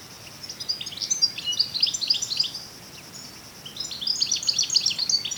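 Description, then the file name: European goldfinch giving rapid, tinkling twittered calls in two bursts over a faint steady high-pitched hum. "Carduelis carduelis"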